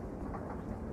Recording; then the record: background sound without coughing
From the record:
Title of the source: Train Ride Ambience ambient white noise for sleeping, focus, studying, reading